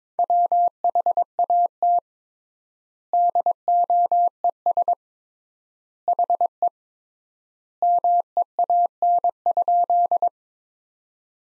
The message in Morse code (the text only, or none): WHAT DOES HE MEAN?